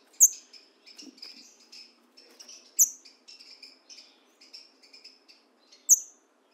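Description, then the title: Green-winged saltator song: three strong, high notes sliding downward, spaced about two and a half to three seconds apart, separated by softer, quick chirping phrases. In the woods, dueling in song with a free-living bird. "Trinca Ferro NICÃ O"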